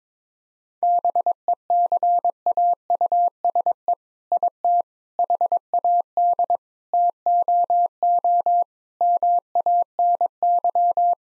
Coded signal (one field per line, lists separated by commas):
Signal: Morse code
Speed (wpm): 22 wpm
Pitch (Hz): 700 Hz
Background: none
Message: BECAUSE IT HAD TOO MANY